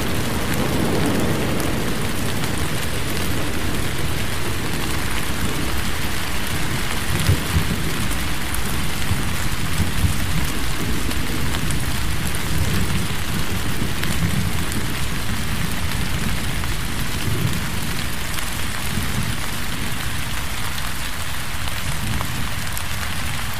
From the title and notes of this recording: Forest Rain Sounds For Sleep | Thunderstorm White Noise.